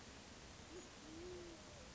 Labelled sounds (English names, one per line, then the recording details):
Band-tailed Pigeon
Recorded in Sonoma County, California